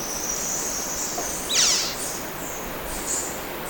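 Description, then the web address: Slaty antwren giving a single high, thin, downward-sweeping note midway through, with faint high chirps afterwards against a constant noisy background. Recorded in Ecuador. "Birds of Ecuador 2. Slaty Antwren"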